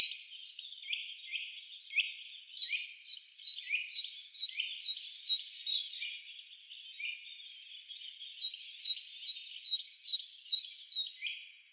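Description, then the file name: Great tit song: bright, high two-note phrases repeated rapidly, a short pause, then another run of the same ringing see-saw notes. "Didžioji zylė - Great Tit - Parus major"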